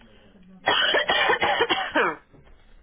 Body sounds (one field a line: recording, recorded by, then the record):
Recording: voluntary cough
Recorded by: telephone call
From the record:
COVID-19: negative